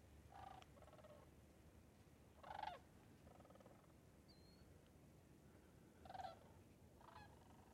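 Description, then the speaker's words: Sandhill crane: separate rattling, trumpeting calls come in short bursts at irregular intervals, over a faint low rumble. Hundreds of cranes circling overhead in the sky while migrating. "The sound you're about to hear is actually sandhill cranes circling overhead. They're migrating, and there were hundreds of them in the sky"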